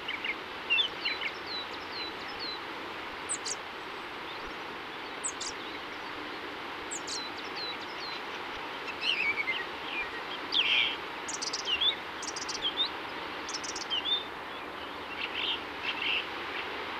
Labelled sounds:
Coal Tit (Periparus ater) song

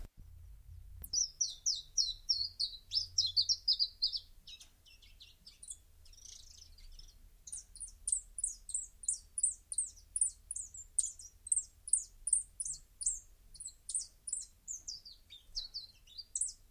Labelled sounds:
Common Chiffchaff (Phylloscopus collybita) song

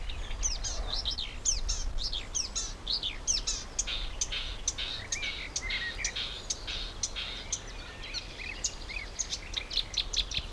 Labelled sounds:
Marsh Warbler (Acrocephalus palustris)

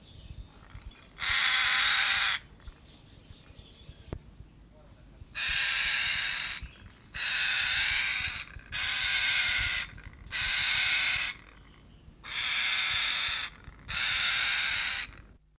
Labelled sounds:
Grey Parrot (Psittacus erithacus) call

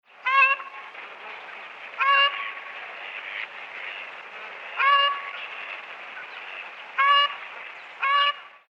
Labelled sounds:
Ruddy Shelduck (Tadorna ferruginea)

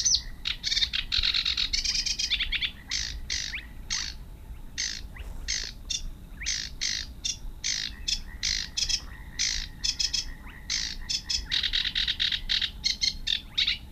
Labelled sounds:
Sedge Warbler (Acrocephalus schoenobaenus) song

